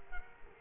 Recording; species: mosquito wingbeat signal from an infrared sensor; Culex quinquefasciatus